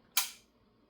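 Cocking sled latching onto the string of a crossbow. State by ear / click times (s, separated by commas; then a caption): seated / 0.2 s. On a Ravin crossbow, the cocking sled is pushed down the rail onto the bowstring while the lever is held down, and it latches with a single loud, sharp click at 0.2 s. The bright, crisp snap decays over about a quarter second against near silence. The sled has seated on the string, which must happen before cranking so the string catches and the crossbow will fire when drawn back.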